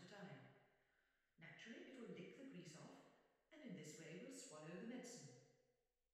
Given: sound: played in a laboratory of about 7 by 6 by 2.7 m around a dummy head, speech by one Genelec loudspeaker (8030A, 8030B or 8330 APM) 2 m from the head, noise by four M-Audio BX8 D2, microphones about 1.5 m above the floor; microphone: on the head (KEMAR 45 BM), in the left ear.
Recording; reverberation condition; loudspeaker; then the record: female speech in English; high; behind (180 degrees)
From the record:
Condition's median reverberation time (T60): about 1300 ms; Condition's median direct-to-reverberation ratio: about -4.0 dB